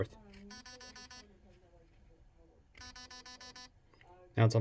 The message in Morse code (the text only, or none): none